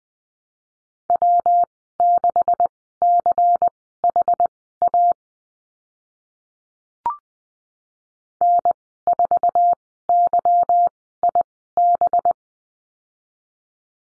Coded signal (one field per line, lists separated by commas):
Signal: Morse code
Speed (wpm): 19 wpm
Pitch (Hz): 700 Hz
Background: none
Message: W6CHA N4YIB